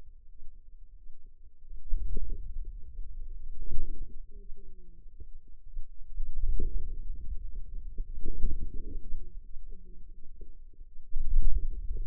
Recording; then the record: forearm muscle sounds (acoustic myography)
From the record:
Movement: hand closing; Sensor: system 2, bracelet of six BSWA MPA416 microphones around the upper forearm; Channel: 5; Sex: female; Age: 21 years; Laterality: right